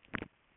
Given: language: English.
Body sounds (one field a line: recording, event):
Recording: throat vibration sensor signal played as sound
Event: swallow